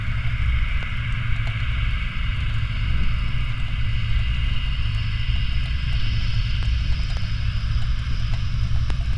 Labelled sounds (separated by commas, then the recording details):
machinery, flare stack, rain
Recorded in the Prudhoe Bay oil fields, Alaska, on 15 July 2019 at 07:10
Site 29